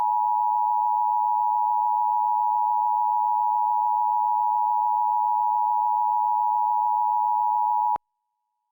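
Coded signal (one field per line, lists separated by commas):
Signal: Emergency Alert System (SAME) tones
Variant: 853 and 960 Hz attention tone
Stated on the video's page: Reenactment of a flood scenario with valid tones, made with EAS simulator software and text-to-speech.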